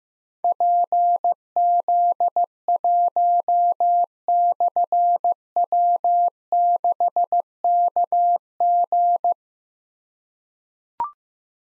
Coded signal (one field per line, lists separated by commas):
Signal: Morse code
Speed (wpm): 15 wpm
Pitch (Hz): 700 Hz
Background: none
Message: PZ1/W6KG